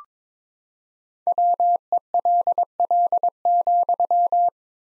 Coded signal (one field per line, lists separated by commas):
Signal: Morse code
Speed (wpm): 22 wpm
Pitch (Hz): 700 Hz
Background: none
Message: WELL,